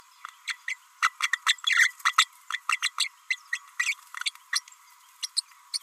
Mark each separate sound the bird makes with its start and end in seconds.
0.47-0.56, 0.68-0.77, 1.02-1.10, 1.22-1.31, 1.46-1.54, 1.66-1.92, 2.05-2.13, 2.18-2.26, 2.52-2.60, 2.69-2.79, 2.82-2.91, 2.98-3.08, 3.30-3.37, 3.52-3.58, 3.79-3.94, 4.53-4.61, 5.22-5.28, 5.36-5.41, 5.73-5.79